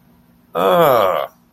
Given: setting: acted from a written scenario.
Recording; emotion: vocal sound without words; disgust